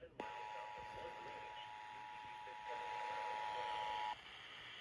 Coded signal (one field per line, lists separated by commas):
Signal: Emergency Alert System (SAME) tones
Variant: 853 and 960 Hz attention tone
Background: speech